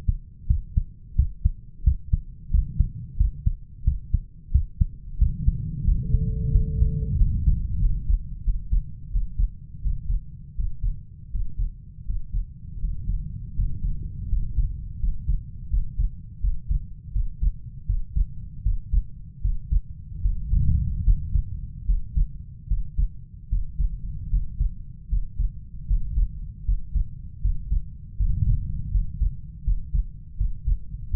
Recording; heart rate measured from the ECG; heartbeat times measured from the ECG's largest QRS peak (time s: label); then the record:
heart sounds by stethoscope; 82 bpm
0.49 s: heartbeat
1.18 s: heartbeat
1.86 s: heartbeat
2.53 s: heartbeat
3.19 s: heartbeat
3.86 s: heartbeat
4.53 s: heartbeat
5.20 s: heartbeat
5.86 s: heartbeat
6.53 s: heartbeat
7.19 s: heartbeat
7.82 s: heartbeat
8.46 s: heartbeat
9.13 s: heartbeat
9.84 s: heartbeat
10.58 s: heartbeat
11.33 s: heartbeat
12.08 s: heartbeat
12.82 s: heartbeat
13.57 s: heartbeat
14.31 s: heartbeat
15.01 s: heartbeat
15.71 s: heartbeat
16.42 s: heartbeat
17.14 s: heartbeat
17.88 s: heartbeat
18.65 s: heartbeat
19.43 s: heartbeat
20.24 s: heartbeat
21.06 s: heartbeat
21.88 s: heartbeat
22.70 s: heartbeat
23.51 s: heartbeat
24.32 s: heartbeat
25.11 s: heartbeat
25.89 s: heartbeat
26.67 s: heartbeat
27.43 s: heartbeat
28.19 s: heartbeat
28.93 s: heartbeat
29.66 s: heartbeat
30.39 s: heartbeat
31.12 s: heartbeat
From the record:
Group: healthy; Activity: rest 0-4 s, breath hold 4-31 s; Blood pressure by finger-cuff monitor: 151/89 mmHg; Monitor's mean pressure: 106 mmHg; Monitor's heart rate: 81 bpm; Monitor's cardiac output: 6.5 L/min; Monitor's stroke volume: 81 mL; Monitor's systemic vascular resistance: 1160 dyn s/cm5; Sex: male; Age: 21 years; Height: 175 cm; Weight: 72.6 kg